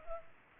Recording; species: mosquito wingbeat signal from an infrared sensor; Culex pipiens